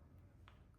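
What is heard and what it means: The folding joint of a selfie/invisible stick for a DJI Osmo 360 camera is pressed and held to return it to straight. A single short, sharp click at 0.5 s stands out over a low, steady background rumble. The joint locks straight.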